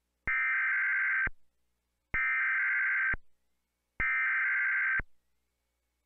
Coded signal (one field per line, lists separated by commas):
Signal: Emergency Alert System (SAME) tones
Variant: header bursts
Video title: (EAS Remake): Hawaii Missile Hoax